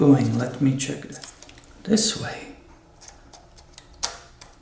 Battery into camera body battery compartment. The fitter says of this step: see how it clicked nice and right next to it will be that